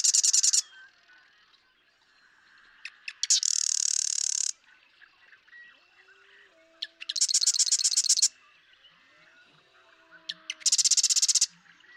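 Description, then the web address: Marsh Wren singing repeatedly: the end of one song, then three more, each a short burst of ticking notes running into a dry, buzzy, high rattle, with soft lower calls between songs. "birdsongforthecurious Marsh Wren"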